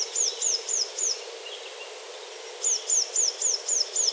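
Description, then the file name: Eurasian blue tit calling, two bursts of thin, high, down-slurred notes, about four a second, with a short pause between them and a steady background hiss. "Cyanistes caeruleus"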